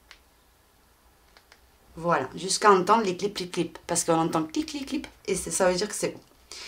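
A plastic backing washer is squeezed down onto the post of the second plastic safety eye inside the head of a crocheted amigurumi rabbit. Short clicks are heard at 0.1, 1.4 and 1.5 seconds, and from about 2 seconds someone talks. The washer clips onto the post and the eye is seated.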